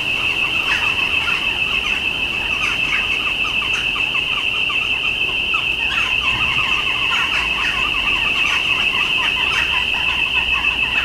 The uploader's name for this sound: birds of Llanelli